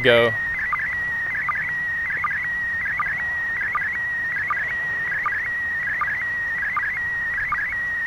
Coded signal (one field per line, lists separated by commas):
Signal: SSTV (slow-scan television)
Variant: PD 180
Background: speech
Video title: Perfect ISS SSTV Images... Almost! - ISS SSTV April 2016 Video #2